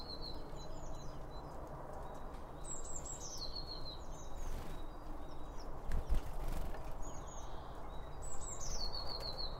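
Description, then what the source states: Bird song, high whistled descending phrases and trills recurring every few seconds over a strong low rumbling background noise. Several birds around a bird feeder, recorded with two OM 1 microphones from Line Audio.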